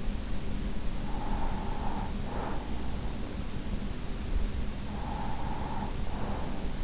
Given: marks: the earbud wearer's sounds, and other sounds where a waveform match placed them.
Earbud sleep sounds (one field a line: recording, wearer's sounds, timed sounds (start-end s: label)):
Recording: sounds in sleep by an in-ear microphone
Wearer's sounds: breath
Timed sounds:
1.10-3.33 s: breath
4.62-6.84 s: breath